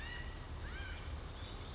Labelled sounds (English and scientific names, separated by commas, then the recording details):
California Quail (Callipepla californica)
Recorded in Sonoma County, California